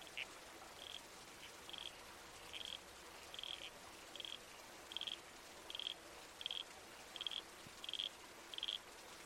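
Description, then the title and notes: Red-crowned toadlet calling, a series of brief high bursts less than a second apart, with a quiet rushing backdrop of water and breeze. Night-time bush soundscape with a babbling creek and trees swaying in the wind. "Red-Crowned Toadlet. Nocturnal Worlds"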